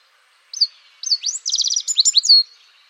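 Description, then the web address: A bird sings a short, quick phrase of rising slurred notes running into a buzzy trill, with a sustained high whistle at the end. "cianscape birddata Deverinetal 2025 Bird Only"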